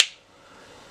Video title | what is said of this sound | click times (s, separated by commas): Transformers Studio Series 86 Constructicon Devastator Review | Oh, very nice click. | 0.0 s